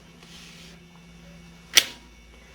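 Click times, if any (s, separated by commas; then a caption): 1.8 s. Both hands push down on a snap-fit insert tool to press a filter bag's plastic polylock sealing ring into the filter vessel basket. After a quiet stretch with a low hum, a single sharp snap rings out at 1.8 s. The ring is seated and locked in place.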